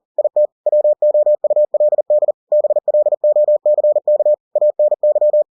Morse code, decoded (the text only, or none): IT WOULD BLOCK ANY